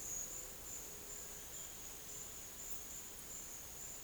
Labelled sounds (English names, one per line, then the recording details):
none
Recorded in dense forest near Puerto Asís, Putumayo, Colombia, on 23 June 2025 at 10:00
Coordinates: 0.484, -76.325
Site H65